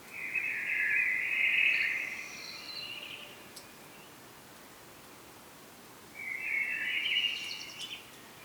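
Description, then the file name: Common blackbird calls: two drawn-out harsh notes around mid pitch, separated by a quiet gap, over faint steady background noise. "Turdus merula"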